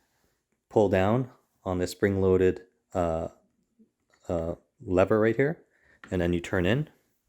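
Someone talks while handling a Medline Empower rolling walker, pulling down the spring-loaded lever and turning the folding handle inward toward the walker frame. The clip ends before the handle locks into place; nothing has seated or clicked yet.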